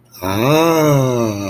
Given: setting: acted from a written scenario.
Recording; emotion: vocal sound without words; adoration